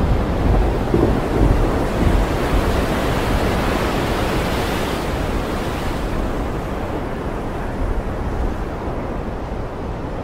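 Rain near the sea makes a dense, unbroken rush with a heavy low rumble underneath, like surf. The wash swells slightly brighter around the middle, then settles a little softer and steadier toward the end.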